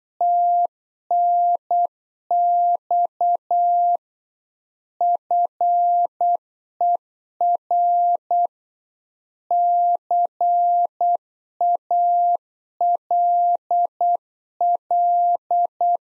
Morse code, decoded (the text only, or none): TNX FER CALL